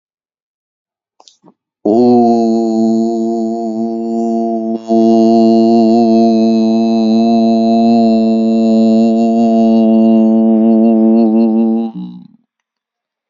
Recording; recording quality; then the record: sustained vowel as in boot; excellent, no background noise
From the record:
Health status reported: exposed to COVID-19, no respiratory illness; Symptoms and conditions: none ticked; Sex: male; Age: 26 years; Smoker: not ticked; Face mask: not worn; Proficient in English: yes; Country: India